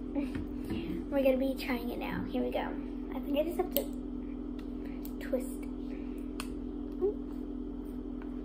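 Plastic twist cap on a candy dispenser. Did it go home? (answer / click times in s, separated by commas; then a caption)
released / 6.4 s. A child twists the plastic cap off a rolling liquid-candy dispenser while someone talks. A sharp click sounds at 6.4 seconds as the cap releases, and the dispenser comes open.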